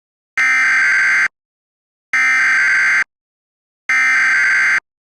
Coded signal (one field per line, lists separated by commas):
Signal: Emergency Alert System (SAME) tones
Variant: header bursts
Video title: EAS Recreation Mock: York County, PA Tornado Warning 07/26/08 (Speechify/ScanSoft Tom Test)